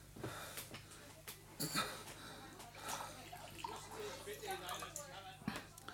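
Water pours into a glass in an uneven, splashy trickle lasting several seconds, with a couple of brief louder bursts over a steady low hum.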